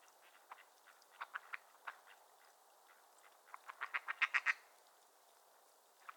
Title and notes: A Morning on Otter Creek with a Raft of Ducks. Nature is my Jam